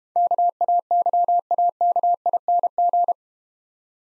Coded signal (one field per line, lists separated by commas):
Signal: Morse code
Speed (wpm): 31 wpm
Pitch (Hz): 700 Hz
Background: none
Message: KAYAKING